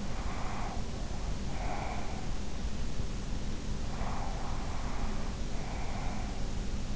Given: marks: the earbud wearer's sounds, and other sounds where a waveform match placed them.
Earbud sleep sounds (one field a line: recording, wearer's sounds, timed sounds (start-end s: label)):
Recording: sounds in sleep by an in-ear microphone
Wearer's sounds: breath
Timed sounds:
0.00-2.33 s: breath
3.91-6.33 s: breath